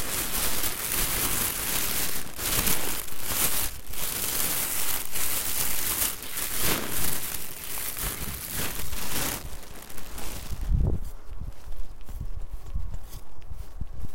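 A plastic bag rustles and crinkles as dried daikon strips are gathered from a drying rack into it. The crackling is dense and bright for about nine seconds, with brief pauses, then turns softer and duller, with a low thump near eleven seconds.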